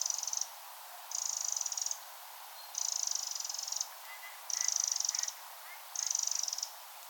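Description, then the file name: Eurasian wren giving five rapid, dry rattling bursts at regular intervals of about one and a half seconds, with faint lower chirps in the background. "Troglodytes troglodytes"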